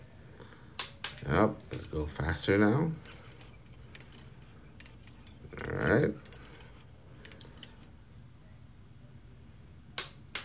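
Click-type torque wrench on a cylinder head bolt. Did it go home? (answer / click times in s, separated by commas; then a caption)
yes / 10.0 s, 10.4 s. A click-type torque wrench is used at its final setting to re-check the head bolts on the cylinder head of a 1996 Honda Civic VTi PH16A engine during an OEM rebuild, making sure each bolt clicks the same. Someone talks over faint metallic ticks and rattles, then the wrench gives sharp clicks at 10.0 s and 10.4 s, confirming the bolt is at torque.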